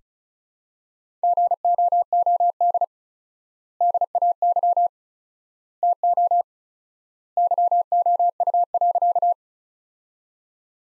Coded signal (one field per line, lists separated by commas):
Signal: Morse code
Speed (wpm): 34 wpm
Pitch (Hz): 700 Hz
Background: none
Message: GOOD DAY TO YOU.